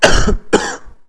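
Two short, explosive coughs from an adult, about half a second apart.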